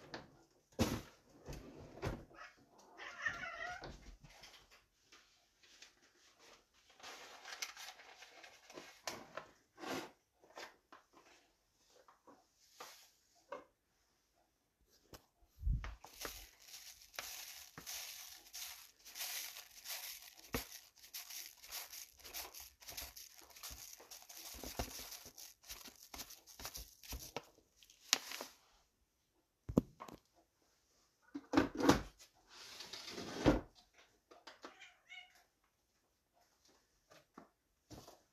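A morning routine of small household sounds: a cat meows a few times, with clearer calls near the middle and around 32 seconds. Sharp clicks, knocks and rustles come and go, and from about 16 to 28 seconds a dense, steady crackling hiss dominates.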